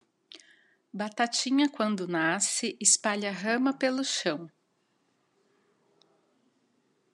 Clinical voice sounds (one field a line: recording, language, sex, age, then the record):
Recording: short text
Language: Brazilian Portuguese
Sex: female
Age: 40 to 49 years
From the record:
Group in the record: control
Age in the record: 40 years